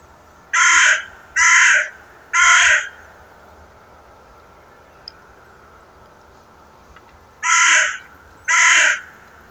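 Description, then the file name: Carrion crow calling a series of harsh caws: three in quick succession, a pause of several seconds, then two more. "Corvus corone"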